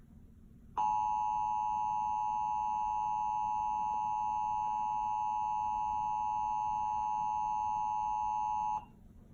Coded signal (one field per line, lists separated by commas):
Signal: Emergency Alert System (SAME) tones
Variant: 853 and 960 Hz attention tone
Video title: Severe thunderstorm warning [EAS #62]